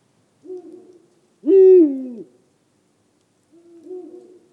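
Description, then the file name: Eurasian eagle-owl hoots: a soft low note, then a loud, grating, arched hoot falling at its end, and another soft note after a pause. "Der Uhu Ruf Voegel in Europa"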